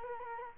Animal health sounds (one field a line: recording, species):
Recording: mosquito wingbeat signal from an infrared sensor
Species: Culex quinquefasciatus